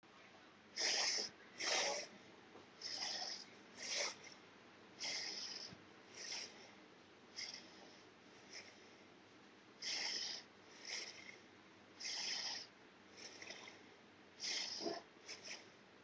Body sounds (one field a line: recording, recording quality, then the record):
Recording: shallow breathing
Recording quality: excellent, no background noise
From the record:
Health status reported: COVID-19 positive, mild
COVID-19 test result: positive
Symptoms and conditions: fever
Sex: male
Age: 55 years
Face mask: worn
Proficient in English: yes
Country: India